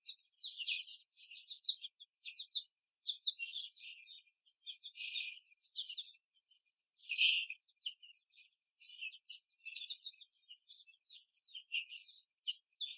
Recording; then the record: young laying hens in a cage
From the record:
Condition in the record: before the stressor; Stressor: simulated dog barking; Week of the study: 3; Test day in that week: 1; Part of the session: 4